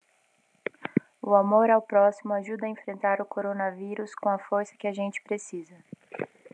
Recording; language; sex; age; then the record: spoken sentence; Brazilian Portuguese; female; 30 to 39 years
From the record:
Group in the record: control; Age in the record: 30 years